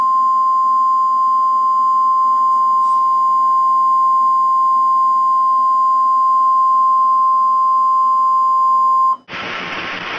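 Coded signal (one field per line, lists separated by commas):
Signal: Emergency Alert System (SAME) tones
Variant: 1050 Hz attention tone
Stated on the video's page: Remastered recording of a 2008 NWS Sioux Falls tornado warning for Lyon and Sioux counties, Iowa, and Lincoln County, South Dakota.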